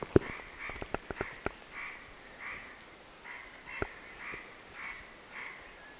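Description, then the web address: Spotted nutcracker giving a series of harsh, rasping calls, with several sharp clicks and knocks, mostly near the start. Recorded 5 February 2026. "paivat 5 2 2026 pahkinahakki"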